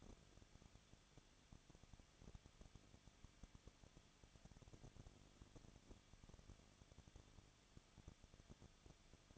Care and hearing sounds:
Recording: daily activity, microphone in the room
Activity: no activity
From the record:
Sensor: 4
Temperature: 23.0 degrees Celsius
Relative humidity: 34.6%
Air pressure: 1007.2 hPa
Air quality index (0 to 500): 215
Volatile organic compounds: 15 ppm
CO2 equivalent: 2490 ppm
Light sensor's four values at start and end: 2/3/1/1 and 2/3/1/1

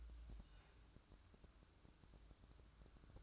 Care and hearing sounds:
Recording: daily activity, microphone in the room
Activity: take from stove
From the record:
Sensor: 2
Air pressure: 1007.8 hPa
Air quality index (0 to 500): 104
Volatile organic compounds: 1 ppm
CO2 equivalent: 780 ppm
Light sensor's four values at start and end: 6/15/6/6 and 6/15/6/6

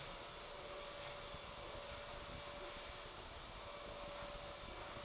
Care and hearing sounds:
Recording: daily activity, microphone in the room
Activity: vacuum cleaning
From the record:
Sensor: 5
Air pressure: 1012.0 hPa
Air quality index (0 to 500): 247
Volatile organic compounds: 5 ppm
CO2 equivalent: 1706 ppm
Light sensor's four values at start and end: 36/84/34/35 and 36/84/34/35

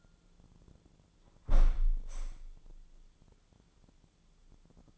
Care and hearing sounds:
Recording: daily activity, microphone in the room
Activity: close window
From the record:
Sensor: 5

